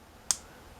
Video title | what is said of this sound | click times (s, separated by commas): Transformers Titans Return Deluxe Class Skullsmasher Review | As you can see, it does lock, kind of lock into place doing that. | 0.3 s